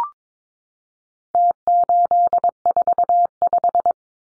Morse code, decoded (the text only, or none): T845